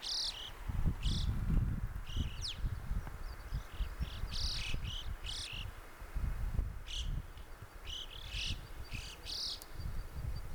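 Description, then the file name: Alpine chough contact calls: repeated high, piercing notes in loose clusters, with a strong low rumble running underneath. "Alpendohle Stimmruf"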